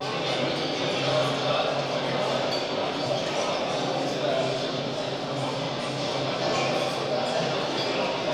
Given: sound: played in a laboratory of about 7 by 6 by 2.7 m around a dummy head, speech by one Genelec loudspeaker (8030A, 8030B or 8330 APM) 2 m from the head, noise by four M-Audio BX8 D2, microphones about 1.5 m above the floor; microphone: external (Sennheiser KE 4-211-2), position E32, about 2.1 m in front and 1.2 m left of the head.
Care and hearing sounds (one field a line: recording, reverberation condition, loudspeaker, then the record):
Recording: cafeteria noise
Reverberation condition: high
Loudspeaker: four, about 170 cm from the corners of the room and facing them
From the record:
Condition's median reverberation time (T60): about 1300 ms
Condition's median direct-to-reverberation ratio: about -4.0 dB